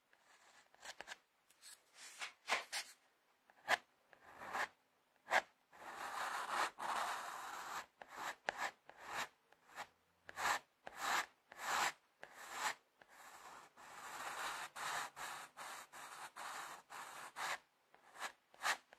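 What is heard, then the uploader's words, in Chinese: A pencil rasps across paper in quick, repeated strokes, each a dry scratchy burst with brief silences between. The strokes come irregularly, sometimes short and rapid, sometimes longer and denser, with a bright, papery texture throughout. 铅笔画画 沙沙沙…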